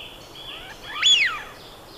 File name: Anas penelope